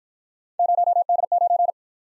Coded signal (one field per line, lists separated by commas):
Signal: Morse code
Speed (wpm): 52 wpm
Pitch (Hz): 700 Hz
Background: none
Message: 0D9